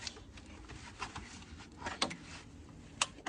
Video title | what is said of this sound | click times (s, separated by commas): WOW!! 5 MINUTE OIL CATCH CAN INSTALL!! Tahoe Yukon Suburban Escalade Silverado Sierra | Did you hear that click? | 3.0 s